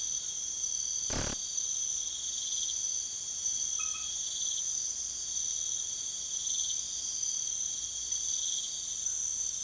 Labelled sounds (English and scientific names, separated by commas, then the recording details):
none
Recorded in pastures near Puerto Asís, Putumayo, Colombia, on 28 February 2025 at 00:30
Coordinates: 0.505, -76.324
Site GP08